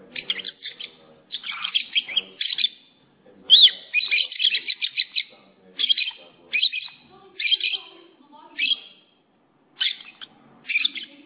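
Lovebird chirping in shrill, scratchy bursts of rapid high notes, separated by short pauses of about half a second to a second.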